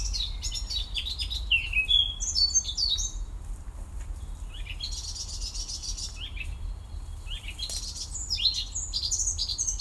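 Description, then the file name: Eurasian blackcap song: scratchy warbled phrases with a few clearer whistles, arriving in bursts separated by short pauses, over faint low background noise. "Sylvia atricapilla"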